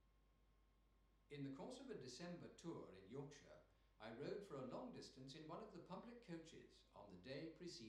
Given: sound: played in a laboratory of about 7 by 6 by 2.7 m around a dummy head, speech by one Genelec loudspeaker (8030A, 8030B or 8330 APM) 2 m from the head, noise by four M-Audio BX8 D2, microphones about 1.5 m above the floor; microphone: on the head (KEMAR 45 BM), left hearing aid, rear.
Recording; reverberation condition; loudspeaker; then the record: male speech in English; medium; behind (180 degrees)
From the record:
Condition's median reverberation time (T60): about 510 ms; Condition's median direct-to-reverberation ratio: about -0.5 dB